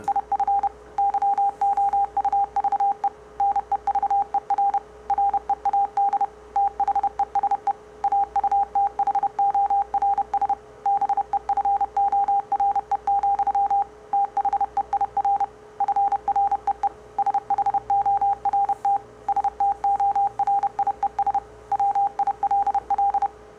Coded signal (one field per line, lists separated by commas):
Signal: Morse code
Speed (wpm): 31 wpm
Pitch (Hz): 800 Hz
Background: none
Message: IF YOUVE NEVER READ THESE AUTHORS BEFORE, THEIR FREE SHORT STORIES WILL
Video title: COPYING MORSE CODE With Various Waveforms - Experiment